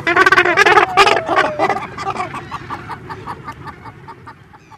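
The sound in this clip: Cape gannet calls: a burst of loud, hoarse grating notes, then a run of short rasps that gradually fade away.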